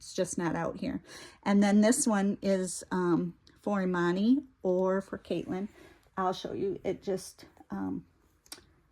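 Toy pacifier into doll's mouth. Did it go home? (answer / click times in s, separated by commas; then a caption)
yes / 8.5 s. A plastic toy pacifier is pushed into the mouth opening of a vinyl play doll while someone talks. It seats with a short click at 8.5 seconds, popping right into the mouth.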